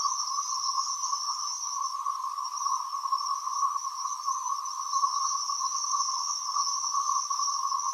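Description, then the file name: Continuous cicada buzz, a flat high drone in two pitch bands that never breaks or changes rhythm across the whole stretch. "freesound cicadas long"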